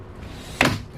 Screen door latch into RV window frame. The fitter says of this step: push it down to lock it